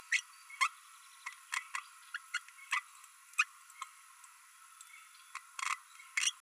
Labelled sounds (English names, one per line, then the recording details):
Green-rumped Parrotlet babbling
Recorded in a nest box in Venezuela
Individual 18B12A1